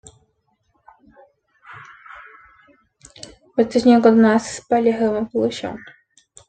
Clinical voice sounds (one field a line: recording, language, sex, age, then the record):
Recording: short text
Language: Brazilian Portuguese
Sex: female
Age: 20 to 29 years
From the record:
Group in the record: control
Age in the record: 27 years